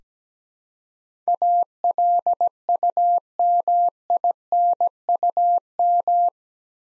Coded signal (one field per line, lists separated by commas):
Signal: Morse code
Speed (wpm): 17 wpm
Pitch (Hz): 700 Hz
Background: none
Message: ALUMINUM